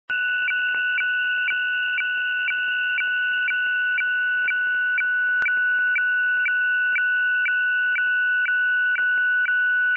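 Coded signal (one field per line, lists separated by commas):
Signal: weather fax (radiofax)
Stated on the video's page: Weather fax from Hamburg, Germany, received in Denmark on an Airspy HF+ SDR.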